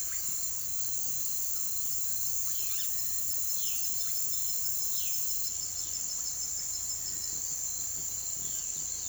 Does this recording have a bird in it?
yes